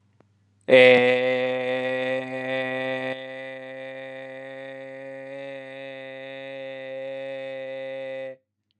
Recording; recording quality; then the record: sustained vowel as in made; excellent, no background noise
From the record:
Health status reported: healthy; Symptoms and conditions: none ticked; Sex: male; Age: 26 years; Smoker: not ticked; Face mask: not worn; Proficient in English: yes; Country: India